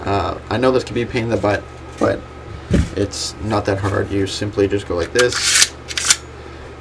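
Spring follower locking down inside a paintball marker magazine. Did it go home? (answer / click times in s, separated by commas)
yes / 6.0 s, 6.1 s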